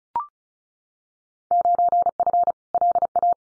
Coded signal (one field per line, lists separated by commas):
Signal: Morse code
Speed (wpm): 34 wpm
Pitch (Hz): 700 Hz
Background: none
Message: 9F LA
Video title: Field Day Exchange Encore 35wpm